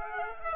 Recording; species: mosquito wingbeat signal from an infrared sensor; Aedes aegypti